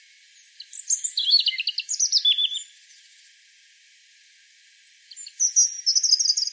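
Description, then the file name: European robin song: thin, high, varied phrases mixing trills and sweet warbles, one long burst, a pause, then another high phrase. "Erithacus rubecula"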